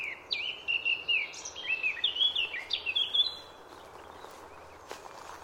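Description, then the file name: Eurasian blackcap singing a fast, varied warble of high twittering and whistled notes for about three seconds, then quiet hiss with one faint click. "Sylvia atricapilla"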